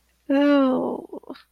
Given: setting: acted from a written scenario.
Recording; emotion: vocal sound without words; embarrassment